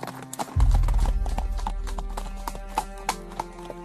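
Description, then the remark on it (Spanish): Horses trot along with a quick, uneven clip-clop of hooves, sharp knocking beats repeating over a steady low rumble, with no voices. “¡Los caballos todavía pueden!”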